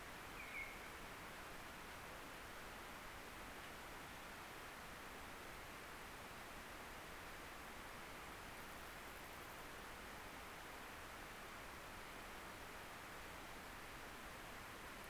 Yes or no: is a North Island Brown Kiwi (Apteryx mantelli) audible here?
no